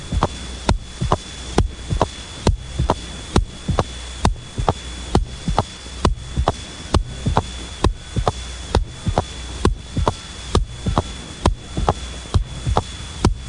Mitral prosthetic valve sound and murmur. Some prosthetic valves in the mitral position produce a short, soft, rumbling, early diastolic murmur.